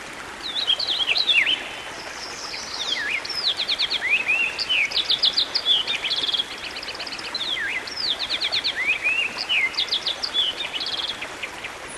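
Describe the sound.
Songbird singing long, lively phrases of high whistles, swooping slurs and fast rattling trills, with brief pauses between bursts, over constant soft background hiss.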